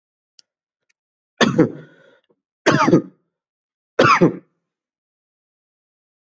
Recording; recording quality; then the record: shallow voluntary cough; excellent, no background noise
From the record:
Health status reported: COVID-19 positive, no symptoms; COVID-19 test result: positive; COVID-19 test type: RT-PCR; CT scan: not taken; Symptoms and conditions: cough, fever, muscle pain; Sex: male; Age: 33 years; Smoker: yes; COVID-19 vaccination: both doses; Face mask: not worn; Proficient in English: yes